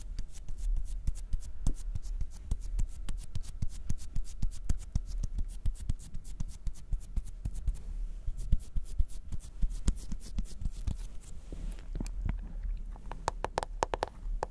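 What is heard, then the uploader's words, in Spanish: Sticky mouth and hand sounds with honey: rapid clicks and smacks in a dense irregular stream, growing sharper and brighter after twelve seconds. Sonidos de boca y algunos de manos y miel.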